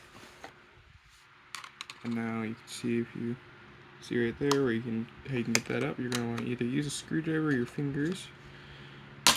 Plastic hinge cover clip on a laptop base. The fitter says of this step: You can pop the rest